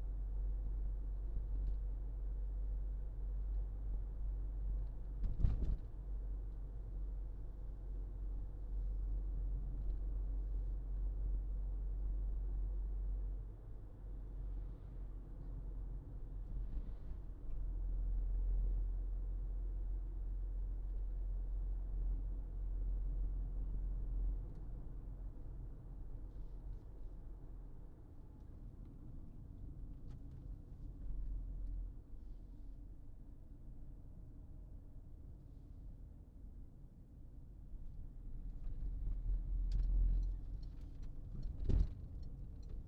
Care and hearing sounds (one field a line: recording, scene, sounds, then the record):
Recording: everyday scene through a hearing-aid microphone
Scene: in a vehicle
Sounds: engine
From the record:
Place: Berlingo II, diesel engine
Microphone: in the ear canal, left